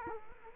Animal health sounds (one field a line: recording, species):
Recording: mosquito wingbeat signal from an infrared sensor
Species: Culex quinquefasciatus